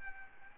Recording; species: mosquito wingbeat signal from an infrared sensor; Aedes albopictus